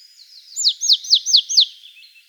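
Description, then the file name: Marsh tit call: five bright descending notes delivered rapidly and evenly over about a second, preceded and followed by a soft thin buzz. "Poecile palustris"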